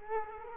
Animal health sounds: mosquito wingbeat signal from an infrared sensor; Culex quinquefasciatus

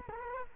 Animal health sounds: mosquito wingbeat signal from an infrared sensor; Culex quinquefasciatus

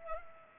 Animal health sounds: mosquito wingbeat signal from an infrared sensor; Culex pipiens

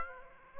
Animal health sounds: mosquito wingbeat signal from an infrared sensor; Aedes aegypti

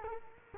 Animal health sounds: mosquito wingbeat signal from an infrared sensor; Culex quinquefasciatus

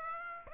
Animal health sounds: mosquito wingbeat signal from an infrared sensor; Aedes aegypti

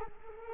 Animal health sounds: mosquito wingbeat signal from an infrared sensor; Culex quinquefasciatus

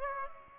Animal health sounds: mosquito wingbeat signal from an infrared sensor; Aedes aegypti

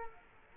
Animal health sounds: mosquito wingbeat signal from an infrared sensor; Culex quinquefasciatus

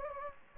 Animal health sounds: mosquito wingbeat signal from an infrared sensor; Anopheles gambiae

